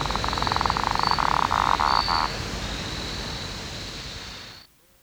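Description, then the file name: Lesueur's frog calling with a rapid pulsed trill for about two seconds, over a steady high whine and low rumbling background noise. "Litoria lesueurii"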